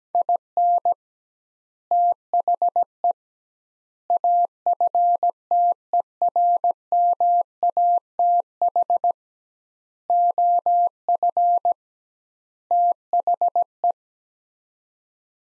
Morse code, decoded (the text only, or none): IN THE AFTERMATH OF THE